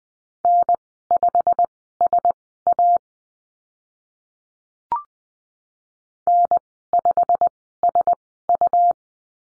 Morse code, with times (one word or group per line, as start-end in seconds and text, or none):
0.4-3.0 N5SA
6.3-8.9 N5SU